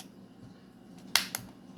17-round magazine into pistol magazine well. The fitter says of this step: com um clique.